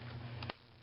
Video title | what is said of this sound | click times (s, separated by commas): How to build a new PC | uh then until it snaps | 0.4 s, 0.5 s